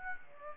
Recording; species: mosquito wingbeat signal from an infrared sensor; Aedes aegypti